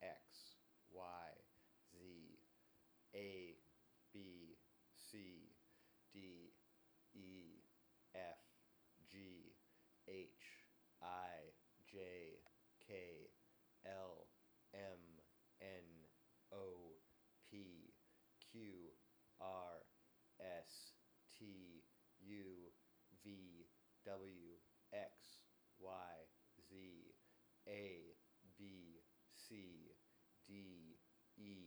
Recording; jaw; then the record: letters of the alphabet, spoken; free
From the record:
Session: seven days later